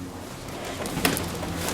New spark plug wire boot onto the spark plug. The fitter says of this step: just clicked or popped it just make such a sound or feeling